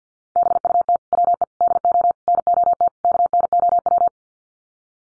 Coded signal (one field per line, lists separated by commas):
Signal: Morse code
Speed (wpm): 50 wpm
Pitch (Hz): 700 Hz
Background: none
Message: BUT WE DO NOT KNOW